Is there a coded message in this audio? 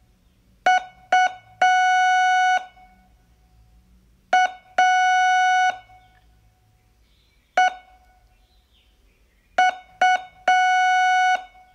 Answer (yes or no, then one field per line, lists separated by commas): yes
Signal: Morse code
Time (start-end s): 0.7-11.4 s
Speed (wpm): 6 wpm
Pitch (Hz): 740 Hz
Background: none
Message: U A E U